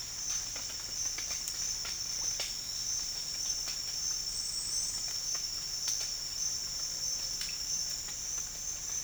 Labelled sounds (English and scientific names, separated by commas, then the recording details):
none
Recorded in dense forest near Puerto Asís, Putumayo, Colombia, on 8 March 2025 at 07:30
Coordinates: 0.484, -76.317
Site G064